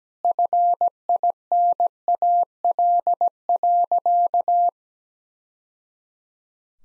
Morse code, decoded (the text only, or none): FINAL.